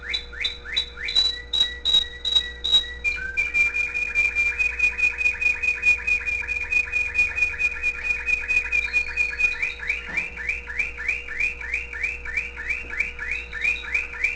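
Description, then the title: Canary song opening with scattered whistled notes, then a long rapid rolling trill and looping repeated phrases, over a low hum. Pet canary with background music. "mi canario"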